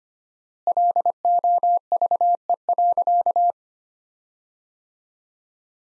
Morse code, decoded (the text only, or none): LOVE.